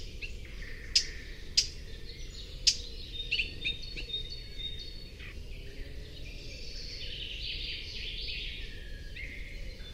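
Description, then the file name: Eurasian blackcap giving three sharp ticks at irregular spacing, then a few more high calls, over steady low background noise. "Sylvia atricapilla"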